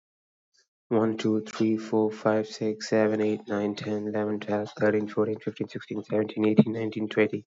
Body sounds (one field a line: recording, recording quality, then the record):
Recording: counting at a fast pace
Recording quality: excellent, no background noise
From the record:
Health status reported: recovered from COVID-19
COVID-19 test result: positive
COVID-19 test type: RT-PCR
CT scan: not taken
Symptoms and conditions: cold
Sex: male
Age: 20 years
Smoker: no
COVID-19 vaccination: one dose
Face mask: worn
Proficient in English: yes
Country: India